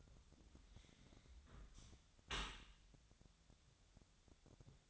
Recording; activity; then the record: daily activity, microphone in the room; close dishwasher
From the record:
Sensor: 3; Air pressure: 1006.7 hPa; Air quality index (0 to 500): 207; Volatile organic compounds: 19 ppm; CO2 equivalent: 2645 ppm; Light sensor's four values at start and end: 11/25/10/10 and 11/25/11/10